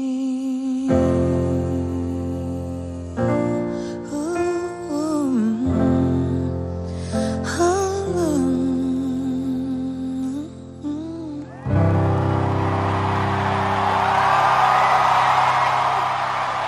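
A voice sings a sustained, wavering melody over accompaniment, then loud, dense applause breaks out for the final few seconds, enthusiastic clapping that swells and keeps going to the end.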